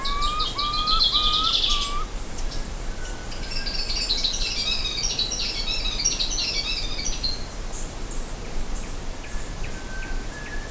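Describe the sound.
Bird calls: three or four rising whistled notes at the start, then a stretch of high, dense chattering, over a steady low rumble.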